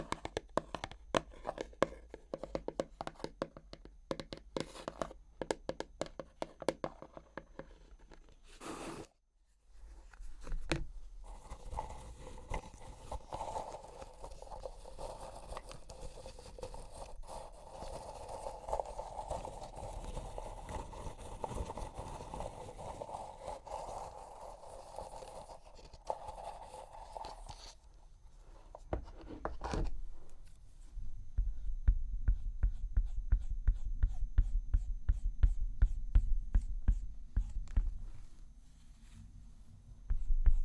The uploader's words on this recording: ASMR Makeup Cleansing with Personal Attention(No Talking).